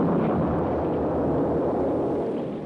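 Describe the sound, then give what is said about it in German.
A ship explodes and sinks with everyone aboard: a loud, continuous rumbling roar with heavy low-end energy that churns steadily for a few seconds before starting to fade at the end. No voices. “Explodiert. Versinkt mit Mann und Maus.”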